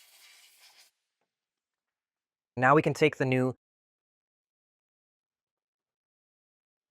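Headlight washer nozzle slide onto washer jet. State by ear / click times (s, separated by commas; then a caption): not seated / none. A new plastic headlight washer nozzle slide for a BMW 4 Series F32/F33/F36 washer jet is handled and lined up before being pushed onto the jet. A faint soft rustle comes first, then someone talks briefly, and the rest is quiet with no impacts. Nothing has seated or clicked yet.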